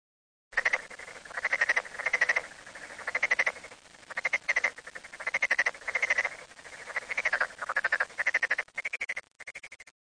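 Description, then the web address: Frog calling in rapid pulsed bursts, each rattling train lasting under a second and repeated steadily, with brief gaps between the bursts throughout. "frog zukan"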